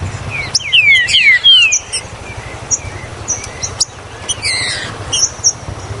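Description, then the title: Green-winged saltator song: a quick cluster of sliding whistles early on, followed by scattered high chirps over a low hum. "Trinca Ferro Ao Maximo Trinca Ferro Maquin"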